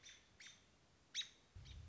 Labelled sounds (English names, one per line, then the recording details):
American Robin
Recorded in Sonoma County, California